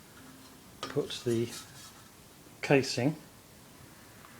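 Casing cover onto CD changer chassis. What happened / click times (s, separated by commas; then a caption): Handled, not yet home: casing cover being fitted / none. The metal casing cover is being handled onto the chassis of a Jaguar X-Type CD multi-changer unit while someone talks, with soft rubbing and light metallic handling sounds. A sharp tap comes at 0.8 s and a fainter one near 4.2 s. Nothing has popped into place or seated yet.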